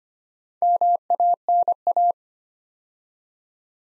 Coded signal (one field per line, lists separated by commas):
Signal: Morse code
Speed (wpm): 25 wpm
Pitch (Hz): 700 Hz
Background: none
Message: MANA